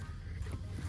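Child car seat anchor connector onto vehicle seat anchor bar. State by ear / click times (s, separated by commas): not seated / none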